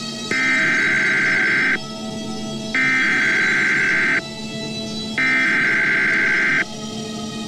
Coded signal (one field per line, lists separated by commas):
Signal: Emergency Alert System (SAME) tones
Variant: header bursts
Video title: Emergency Alert Scenario - Chicxulub Crater - 480p/30fps